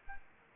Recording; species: mosquito wingbeat signal from an infrared sensor; Culex quinquefasciatus